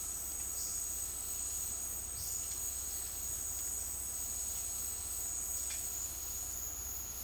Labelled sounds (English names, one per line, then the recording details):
none
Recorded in dense forest near Puerto Asís, Putumayo, Colombia, on 13 March 2025 at 12:30
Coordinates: 0.503, -76.323
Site GP09